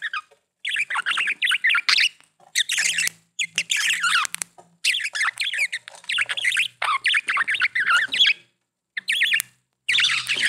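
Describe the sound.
Budgerigar warbling, rapid wavering chirps running in long bursts with brief breaks, plus a faint low hum at times.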